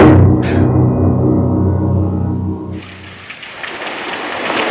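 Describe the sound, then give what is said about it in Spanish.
A deep, loud rumble of thunder rolls for about three seconds, then fades into the steady, even hiss of heavy rain falling at night that continues to the end. “Era de noche y llovía.”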